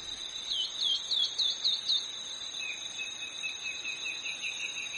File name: canto da choquinha de asa comprida